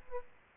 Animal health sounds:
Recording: mosquito wingbeat signal from an infrared sensor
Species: Aedes aegypti

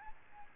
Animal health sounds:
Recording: mosquito wingbeat signal from an infrared sensor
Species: Aedes albopictus

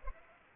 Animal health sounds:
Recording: mosquito wingbeat signal from an infrared sensor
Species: Culex pipiens

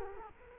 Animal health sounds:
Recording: mosquito wingbeat signal from an infrared sensor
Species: Culex quinquefasciatus

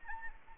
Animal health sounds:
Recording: mosquito wingbeat signal from an infrared sensor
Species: Anopheles arabiensis

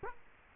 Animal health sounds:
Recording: mosquito wingbeat signal from an infrared sensor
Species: Culex quinquefasciatus

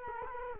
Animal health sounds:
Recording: mosquito wingbeat signal from an infrared sensor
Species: Culex quinquefasciatus

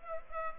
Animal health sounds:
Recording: mosquito wingbeat signal from an infrared sensor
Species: Culex pipiens

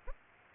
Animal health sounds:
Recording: mosquito wingbeat signal from an infrared sensor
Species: Aedes aegypti

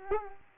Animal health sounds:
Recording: mosquito wingbeat signal from an infrared sensor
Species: Culex quinquefasciatus

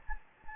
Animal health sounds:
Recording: mosquito wingbeat signal from an infrared sensor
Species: Anopheles gambiae

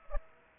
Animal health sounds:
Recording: mosquito wingbeat signal from an infrared sensor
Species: Aedes aegypti

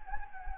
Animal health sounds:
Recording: mosquito wingbeat signal from an infrared sensor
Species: Anopheles gambiae

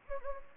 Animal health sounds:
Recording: mosquito wingbeat signal from an infrared sensor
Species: Anopheles gambiae

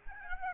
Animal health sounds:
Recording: mosquito wingbeat signal from an infrared sensor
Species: Aedes albopictus

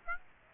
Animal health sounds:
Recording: mosquito wingbeat signal from an infrared sensor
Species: Aedes aegypti

